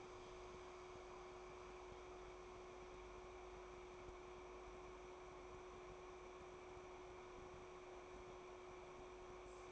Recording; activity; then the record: daily activity, microphone in the room; make coffee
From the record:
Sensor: 1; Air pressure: 1004.3 hPa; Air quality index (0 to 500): 200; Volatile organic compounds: 19 ppm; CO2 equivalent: 2639 ppm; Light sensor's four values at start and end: 5/14/5/5 and 5/13/5/5